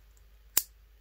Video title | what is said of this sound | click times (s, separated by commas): Cattlemans Cutlery Ranch Hand Multi tool - Interesting idea for a different Multi tool | you will hear it click in | 0.6 s